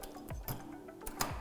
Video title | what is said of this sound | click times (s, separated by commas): Basic Manual Wheelchair | they snap in place this lever you want to make sure latch is on properly | 1.1 s, 1.2 s